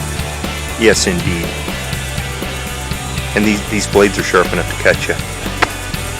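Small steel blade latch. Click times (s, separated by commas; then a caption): 5.6 s. Over music, someone talks while the metal blades of a mechanical broadhead, pulled out of a log, are folded back on the arrow head. At 5.6 s a sharp click is heard as the blades snap into their locked position, showing the broadhead still folds up and locks in place after going through the wood.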